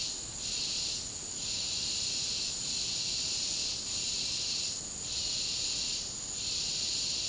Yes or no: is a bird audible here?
no